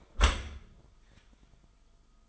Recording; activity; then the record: daily activity, microphone in the room; close dishwasher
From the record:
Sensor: 5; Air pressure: 1004.7 hPa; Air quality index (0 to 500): 93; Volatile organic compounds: 2 ppm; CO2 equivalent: 1120 ppm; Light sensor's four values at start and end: 32/73/30/29 and 33/76/31/30